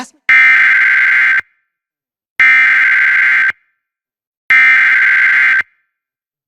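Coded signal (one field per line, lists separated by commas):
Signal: Emergency Alert System (SAME) tones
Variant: header bursts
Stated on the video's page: Real EAS alerts captured during storms in the Northeast and Mid-Atlantic.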